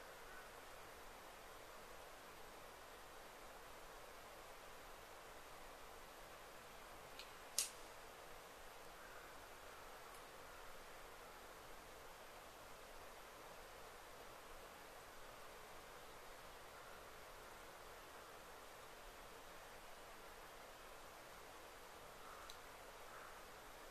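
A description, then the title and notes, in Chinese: A very quiet deep forest thicket gives a steady, soft hiss, broken by one sharp tick near seven seconds and faint brief chirps later. 林薮呖呖·极静深野。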